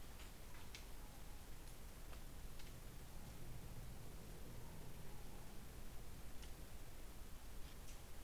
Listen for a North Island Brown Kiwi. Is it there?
no